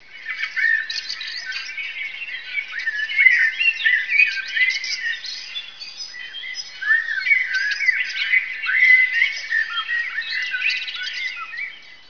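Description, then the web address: Birds calling in a dense chorus, many overlapping squeaky chirps and twitters from several birds, continuing without pause throughout. "sons oiseaux"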